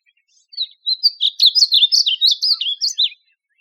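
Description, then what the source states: Painted bunting singing one quick, high, tumbling warble of sweet slurred notes lasting about two and a half seconds, in an otherwise quiet background. Recorded in Texas on 26 June 2005.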